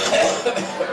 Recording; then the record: coughing mixed with background sound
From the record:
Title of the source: Cough Around the Clock!